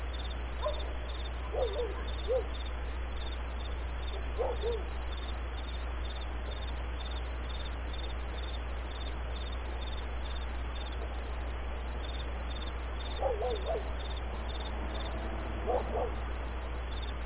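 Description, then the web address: Shrill cricket chorus pulsing rhythmically throughout, joined by scattered faint, low, quavering calls from another animal. Night ambience of light, high-pitched, rhythmic crickets. "Nature Ambiences Night Ambience Light High-pitched Crickets Rhythmic"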